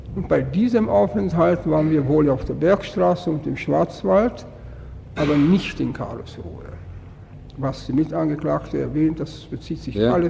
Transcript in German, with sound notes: Und bei diesem Aufenthalt waren wir wohl auf der Bergstraße und im Schwarzwald, aber [betont: nicht] in Karlsruhe. Was die Mitangeklagte erwähnt, das bezieht sich- -
Ja.